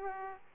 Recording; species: mosquito wingbeat signal from an infrared sensor; Aedes aegypti